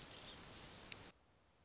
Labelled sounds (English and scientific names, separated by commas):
Orange-crowned Warbler (Leiothlypis celata)